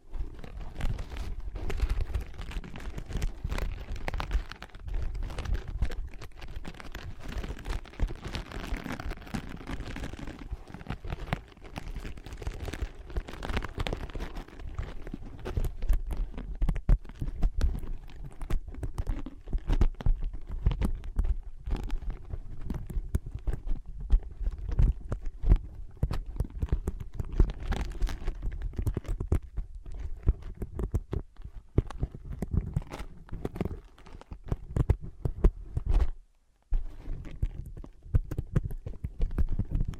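ASMR tapping and scratching on ear pads, with a dense run of soft, muffled taps and rubbing that goes on almost without pause. The sound sits mostly low, with quick irregular clicks throughout, and one brief silence near the end.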